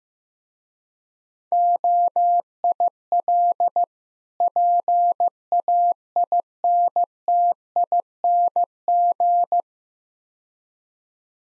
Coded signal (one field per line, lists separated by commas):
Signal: Morse code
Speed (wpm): 17 wpm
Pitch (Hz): 700 Hz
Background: none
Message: OIL PAINTING